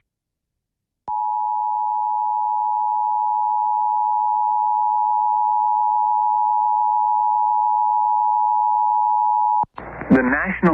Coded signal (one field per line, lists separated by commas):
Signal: Emergency Alert System (SAME) tones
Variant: 853 and 960 Hz attention tone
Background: speech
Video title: H-TOWN HAVOC | EAS Alerts from 1/24/2023 (EAS #1769-1801)